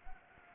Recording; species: mosquito wingbeat signal from an infrared sensor; Anopheles gambiae